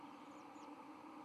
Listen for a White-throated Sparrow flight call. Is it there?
no